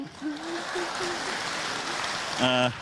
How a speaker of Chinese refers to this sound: 谢谢爷爷奶奶叔叔阿姨给你热烈掌声。